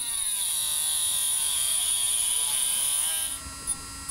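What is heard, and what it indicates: A steady, high-pitched motor whine with gritty grinding runs for about three seconds, its pitch wavering as the tool meets the tooth, then stops. A powered dental tool trims an alpaca's continuously growing teeth, cutting off only the very top tip of the visible part; the living tissue and root lie far below. Such teeth are usually checked once a year.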